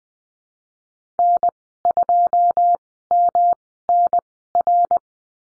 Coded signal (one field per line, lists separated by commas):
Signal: Morse code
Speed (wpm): 20 wpm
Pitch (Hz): 700 Hz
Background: none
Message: N2MNR